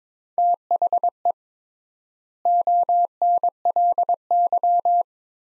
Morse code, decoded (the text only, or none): THE ONLY